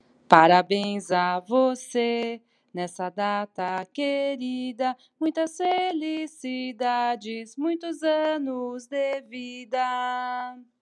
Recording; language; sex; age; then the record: short text; Brazilian Portuguese; female; 50 to 59 years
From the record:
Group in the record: control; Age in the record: 50 years